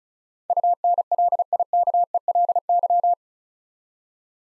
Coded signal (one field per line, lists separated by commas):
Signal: Morse code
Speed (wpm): 36 wpm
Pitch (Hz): 700 Hz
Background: none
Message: UNLIKELY